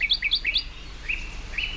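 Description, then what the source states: Song Thrush song: a short bright phrase of two-note chips repeated three times in quick succession. Sings at the same time as a nightingale; its voice very imperative, as if giving orders like a guard, unlike the nightingale's sweet voice; mouth of the Cueva del Pendo, Cantabria.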